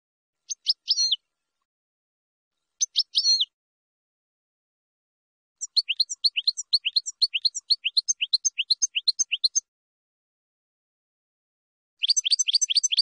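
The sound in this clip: Finch song: a pair of short chirp-and-whistle phrases, then a long rapid trill of sharp high notes, around two and a half per second, resuming briefly at the end.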